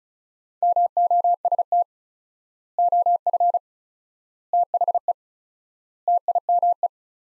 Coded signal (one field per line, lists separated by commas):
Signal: Morse code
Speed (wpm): 36 wpm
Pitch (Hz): 700 Hz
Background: none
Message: MOST OF THE TIME